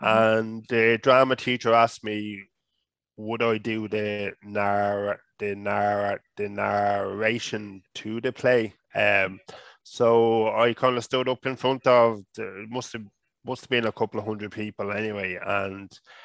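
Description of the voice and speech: An adult man who stutters speaks with repeated part-word repetitions and stretched sounds on one word, plus phrase repeats.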